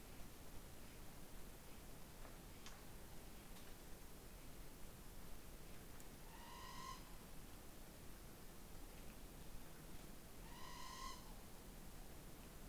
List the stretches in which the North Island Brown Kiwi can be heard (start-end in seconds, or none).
none